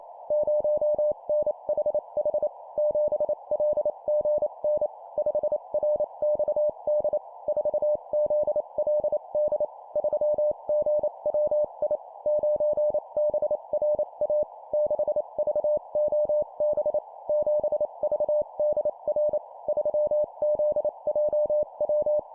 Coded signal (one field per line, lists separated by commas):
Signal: Morse code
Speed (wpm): 28 wpm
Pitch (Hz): 600 Hz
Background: none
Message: 0NHH 7LGN 5RXD 4ZLD 3GWI 9BRA 6VOB 7VDR 3ZJW